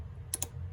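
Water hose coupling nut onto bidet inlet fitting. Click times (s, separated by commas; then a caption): 0.3 s, 0.4 s. The plastic/metal coupling nut of a water hose is turned backwards against the threaded inlet fitting of a LIVINGbasics hot and cold water bidet until its thread drops into the start of the mating thread. Two small, sharp clicks sound at 0.3 s and 0.4 s over a steady low hum. The nut is seated in the thread start, lined up so it won't cross-thread.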